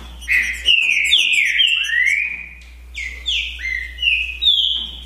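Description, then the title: Green-winged saltator song, rich whistled phrases that slide down then rise, several notes strung together in a quick, uneven series with short pauses between bursts. Song contest between two birds, Naval versus Demolidor, 2022 season; birds calling, singing and 'macheando' (male challenge singing) during the contest. "TRINCA Piando, Cantando E Macheando Na DISPUTA. DISPUTA DE TRINCA FERRO NAVAL VS DEMOLIDOR 2022 TEMPORADA 2022"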